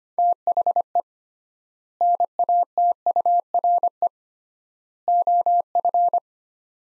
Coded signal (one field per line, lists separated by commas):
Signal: Morse code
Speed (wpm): 25 wpm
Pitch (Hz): 700 Hz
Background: none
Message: THE NATURE OF